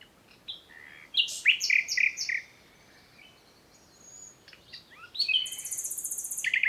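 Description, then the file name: Common nightingale phrase of loud varied chirps and whistles, a pause, then a high, buzzy, rapidly pulsing trill. "Luscinia megarhynchos"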